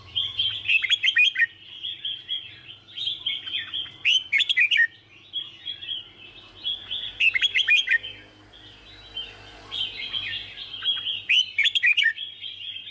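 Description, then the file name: Red-whiskered bulbul song: lively chattering warble throughout, punctuated by louder bursts of sharp clicking notes every few seconds, with a low hum in the background. Song described as 'hót chè'. "Tieng chao mao hot che"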